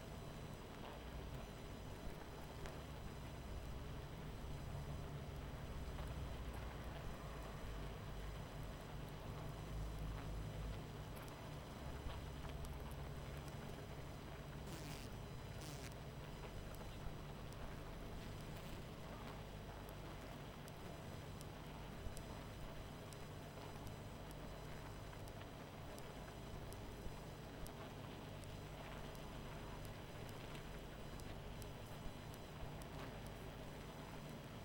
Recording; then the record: honeybee colony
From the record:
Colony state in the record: missing queen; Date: 14 July 2017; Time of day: 21:16